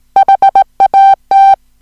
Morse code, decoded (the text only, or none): HAT